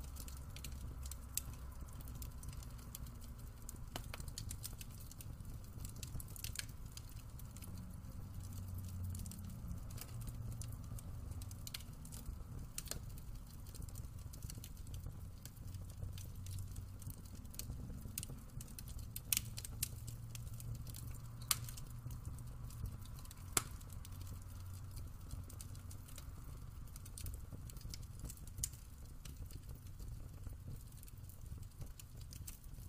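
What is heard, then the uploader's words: A fireplace crackles and pops with sharp, scattered snaps every few seconds over a steady low rumble, unhurried throughout. The fireplace crackles and pops in this quiet recording of a weekend morning by the hearth.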